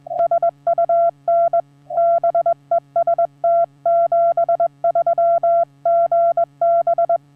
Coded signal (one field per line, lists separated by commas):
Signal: Morse code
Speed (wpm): 19 wpm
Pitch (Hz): 680 Hz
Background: none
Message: SUN BEST 73 GB